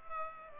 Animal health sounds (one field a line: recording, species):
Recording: mosquito wingbeat signal from an infrared sensor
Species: Culex pipiens